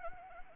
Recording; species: mosquito wingbeat signal from an infrared sensor; Anopheles arabiensis